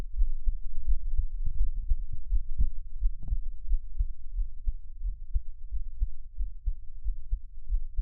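A person's own heartbeat heard close up. Normal heartbeat.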